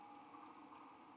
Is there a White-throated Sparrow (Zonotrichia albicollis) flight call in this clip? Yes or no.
no